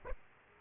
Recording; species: mosquito wingbeat signal from an infrared sensor; Aedes aegypti